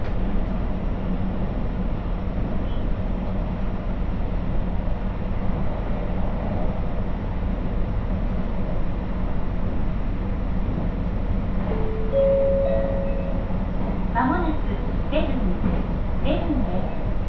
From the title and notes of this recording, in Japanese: 耳で楽しむ鉄道旅 室蘭本線 小幌→洞爺。